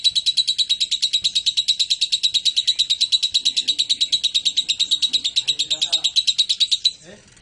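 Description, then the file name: Lovebird chattering, a long run of fast, evenly spaced shrill chirps that stops abruptly near the end, leaving faint low rustles. Blue variety. "lovebird blue reg omkicau"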